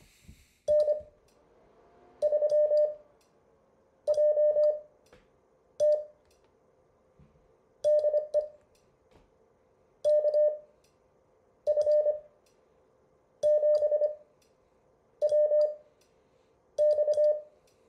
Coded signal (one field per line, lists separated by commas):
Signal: Morse code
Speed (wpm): 25 wpm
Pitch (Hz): 600 Hz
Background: none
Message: N3JT DE KF7WX